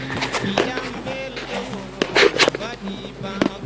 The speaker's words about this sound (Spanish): Una de las guardias ya acaba de sacar una abeja. Probablemente la mataron las mismas abejas al llegar impregnada con un olor desagradable a la colmena.